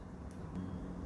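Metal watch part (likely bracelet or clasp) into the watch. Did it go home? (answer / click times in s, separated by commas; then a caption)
no / none. A metal part of a Rolex wristwatch, likely the bracelet or clasp, is pushed smoothly into place on the watch, which must click home or it slips back out. Only a steady low background rumble is heard. Nothing has seated or clicked yet.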